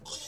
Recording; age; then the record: pig call; piglet (1 to 25 days)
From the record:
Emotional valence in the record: negative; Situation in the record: short isolation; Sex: female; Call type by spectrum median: high-frequency call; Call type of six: mixed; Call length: 0.28 s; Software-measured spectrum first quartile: 2448 Hz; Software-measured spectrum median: 4566 Hz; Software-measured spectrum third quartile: 6174 Hz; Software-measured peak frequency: 5096 Hz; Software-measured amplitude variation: 114 dB a second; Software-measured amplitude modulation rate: 8.8 a second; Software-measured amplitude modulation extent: 12.8 dB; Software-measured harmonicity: -0.8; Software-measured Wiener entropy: -1.98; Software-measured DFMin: 639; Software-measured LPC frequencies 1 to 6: 781, 3433, 5128, 5662, 6740, 7721 Hz